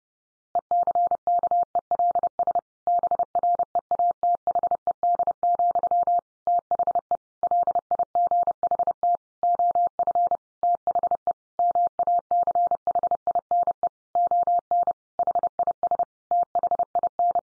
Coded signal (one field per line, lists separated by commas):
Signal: Morse code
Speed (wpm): 30 wpm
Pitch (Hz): 700 Hz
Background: none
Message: ECKELS BREATHED, THE LIGHT OF THE MACHINE ON HIS THIN